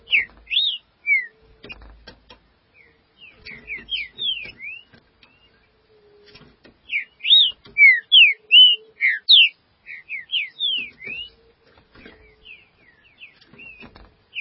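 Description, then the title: Green-winged saltator song: bursts of clear slurred whistles, some rising and some falling, in short runs separated by pauses, with faint clicks and a low hum. "Trinca Ferro"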